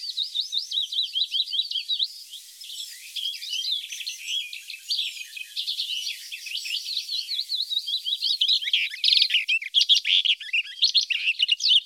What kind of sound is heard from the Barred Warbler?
song